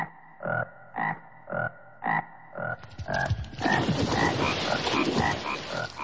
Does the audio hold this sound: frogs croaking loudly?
yes